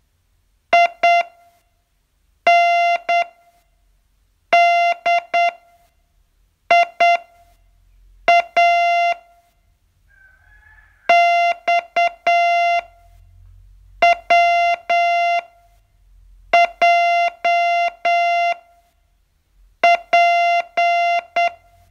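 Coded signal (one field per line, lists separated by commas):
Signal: Morse code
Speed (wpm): 8 wpm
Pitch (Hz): 690 Hz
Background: music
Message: INDIA XWJP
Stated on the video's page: Morse training lesson, day 40 of a 42-day course.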